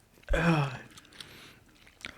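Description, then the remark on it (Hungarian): Wet, smacking chewing of gummy worm snacks, opening with a loud voiced burst that slides down in pitch, then trailing off into fainter mouth clicks and a final small crunch. “Szegény emberek, itt csámcsogunk, kukacokat eszünk.”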